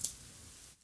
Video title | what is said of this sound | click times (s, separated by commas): Apple Watch Ultra 3 Review: I'm Sad I Like It... | Oh, it not only clicks into place, but it looks like it like just fits normally. | 0.0 s